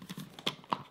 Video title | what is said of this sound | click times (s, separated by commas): Bodum Bistro Blade Coffee Grinder Review | which will click into place onto this edge. | 0.5 s, 0.7 s